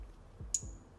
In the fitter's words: And then I heard a little click. So that's good.